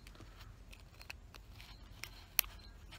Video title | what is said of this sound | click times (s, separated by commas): Charging a Jackery 500 with a Renogy 100w folding solar panel | that wasn't a loud click but i heard it and it's not going anywhere | 2.4 s